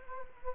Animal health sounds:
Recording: mosquito wingbeat signal from an infrared sensor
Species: Anopheles gambiae

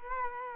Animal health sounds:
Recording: mosquito wingbeat signal from an infrared sensor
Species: Culex quinquefasciatus

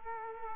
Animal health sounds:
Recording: mosquito wingbeat signal from an infrared sensor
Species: Culex quinquefasciatus

